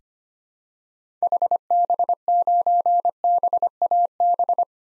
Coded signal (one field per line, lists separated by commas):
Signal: Morse code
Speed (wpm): 25 wpm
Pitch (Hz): 700 Hz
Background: none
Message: HB9BAB